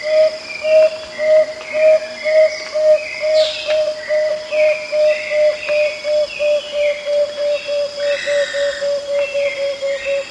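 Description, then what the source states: Striated antthrush song: a long, even series of low, hollow whistled notes, about two per second, while other birds chirp and whistle higher in the background. Recorded in South America.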